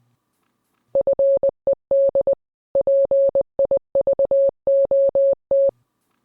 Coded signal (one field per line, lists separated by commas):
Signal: Morse code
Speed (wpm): 20 wpm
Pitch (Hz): 550 Hz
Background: none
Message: FED PIVOT